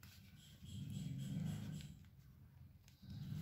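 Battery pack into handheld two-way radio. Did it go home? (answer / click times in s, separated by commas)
no / none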